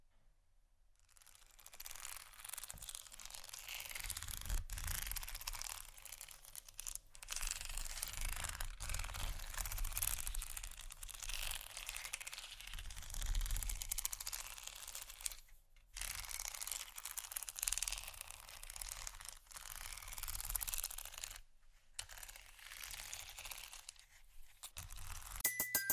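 Scratching over a bumpy surface, a dense, rough rasping that runs almost continuously with a low rumble beneath. The strokes swell and fade in irregular waves, broken by brief silent gaps near 1, 16 and 21 seconds, with a few sharp clicks near the end.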